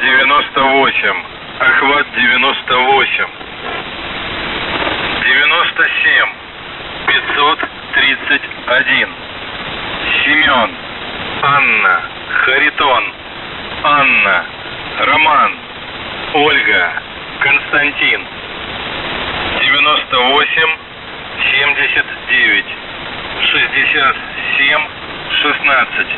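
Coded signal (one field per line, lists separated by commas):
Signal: coded military voice message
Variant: Russian, The Goose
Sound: a Russian voice reads a callsign, numbers and phonetic-alphabet words over hiss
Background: radio static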